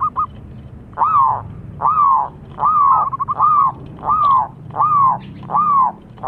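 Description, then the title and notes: Zebra dove giving a steady series of arched, slurred coo notes, about one every second, clear and evenly spaced over quiet background hum. Zebra dove (perkutut) lure call, calling actively and loudly (gacor). "Pancingan Perkutut. Suara Burung Perkutut Gacor"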